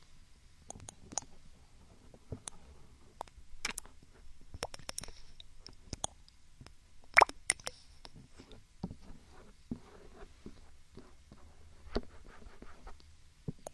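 Binaural ear picking and massage: irregular sharp scratches and clicks, several per second, over a soft low rumble, with a louder snap near seven seconds.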